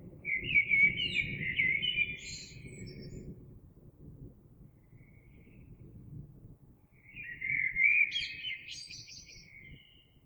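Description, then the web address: Eurasian blackbird singing two flute-like warbled phrases with high scratchy endings over a steady low rumbling background noise. Recorded 26 April 2022. "oiseaux Merle 2022 04 26"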